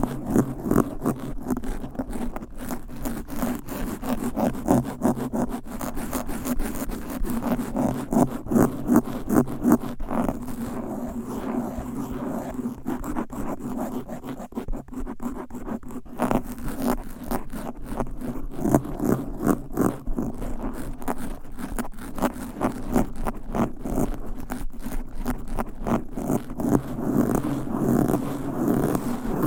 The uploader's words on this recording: ASMR Fast & Aggressive Mic Scratching with 10 DIFFERENT MICS Covers & Nails No Talking.